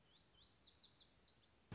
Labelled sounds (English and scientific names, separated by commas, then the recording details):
Lazuli Bunting (Passerina amoena)
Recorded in Sonoma County, California